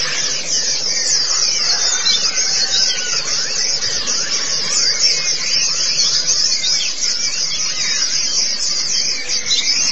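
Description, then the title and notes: White-eye twittering, a loud unbroken wash of very high chatter with scattered lower slurred notes beneath. Pleci (white-eye) chirping song. "Kicauan Burung Pleci Durasi Panjang. Suara kicauan burung pleci"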